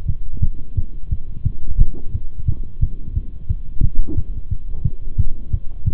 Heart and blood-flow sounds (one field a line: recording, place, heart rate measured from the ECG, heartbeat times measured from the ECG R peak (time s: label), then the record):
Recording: heart sounds by stethoscope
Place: between the tricuspid and mitral areas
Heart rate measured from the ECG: 176 bpm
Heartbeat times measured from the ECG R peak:
0.08 s: heartbeat
0.43 s: heartbeat
0.77 s: heartbeat
1.12 s: heartbeat
1.45 s: heartbeat
1.80 s: heartbeat
2.14 s: heartbeat
2.48 s: heartbeat
2.82 s: heartbeat
3.16 s: heartbeat
3.50 s: heartbeat
3.84 s: heartbeat
4.17 s: heartbeat
4.51 s: heartbeat
4.85 s: heartbeat
5.19 s: heartbeat
5.53 s: heartbeat
5.87 s: heartbeat
From the record:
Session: Bruce protocol treadmill stress test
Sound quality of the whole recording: partially saturated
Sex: male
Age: 23 years